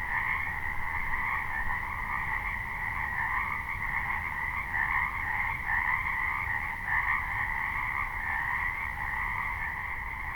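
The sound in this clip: A chorus of frogs, countless croaks fused into a level, vibrating hum with brief brighter flickers, and constant low-frequency rumble.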